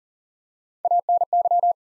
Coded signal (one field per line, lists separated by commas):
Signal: Morse code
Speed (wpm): 40 wpm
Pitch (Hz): 700 Hz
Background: none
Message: ANY